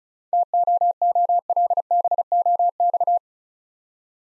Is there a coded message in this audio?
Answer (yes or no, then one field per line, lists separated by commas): yes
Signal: Morse code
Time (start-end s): 0.3-3.2 s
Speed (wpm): 36 wpm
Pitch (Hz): 700 Hz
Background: none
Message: TOOLBOX